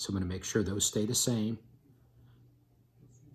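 Someone talks while handling two plastic nylon cable ties, lining them up before passing the tail of one into the ratchet head of the other to join them. Speech fills the first 1.5 seconds, then only faint low handling noise follows. Nothing has clicked or seated yet.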